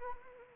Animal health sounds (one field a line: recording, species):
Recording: mosquito wingbeat signal from an infrared sensor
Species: Anopheles arabiensis